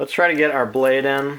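A replacement steel blade is being handled for insertion into the blade carrier of a STANLEY FATMAX retractable locking utility knife (#10-777) while someone talks. Nothing has seated or clicked yet; the blade is not yet home.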